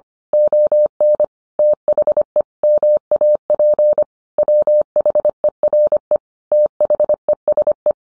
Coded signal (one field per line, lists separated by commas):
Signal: Morse code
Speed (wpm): 25 wpm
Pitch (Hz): 600 Hz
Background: none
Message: ON THE MAP WHERE THESE